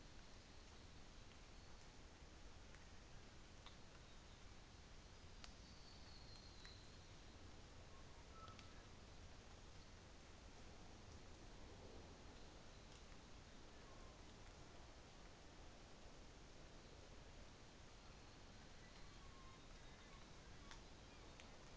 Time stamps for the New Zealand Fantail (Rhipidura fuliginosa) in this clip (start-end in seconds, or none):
none